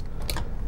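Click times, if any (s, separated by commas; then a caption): 0.3 s. An indexing detent in a drafting machine's protractor head snaps back into a 15-degree position after the angle lock is released. A sharp click at 0.3 s is followed by a softer tick at about 0.4 s, and the detent is seated.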